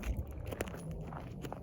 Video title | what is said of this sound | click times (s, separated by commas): Basic CCW Range Safety | this particular holster as it comes in it snaps in place and it's got a lever a lever to | 0.6 s